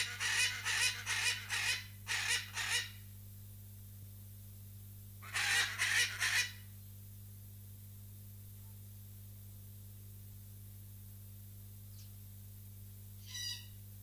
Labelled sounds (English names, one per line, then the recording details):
Hyacinth Macaw call
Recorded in captivity
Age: adult
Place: Zoo Berlin, Berlin, DE
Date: 2008-09-14 16:10
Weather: bedeckt, ca. 14°C
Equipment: Sony WM-D6C, Sennheiser ME 80, Kopie Uher 4000 Report Monitor
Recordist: Tembrock, Günter